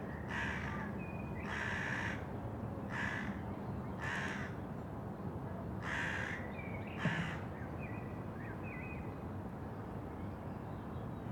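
Crow calling, harsh caws given singly at irregular intervals, with faint higher bird notes between them over steady background noise.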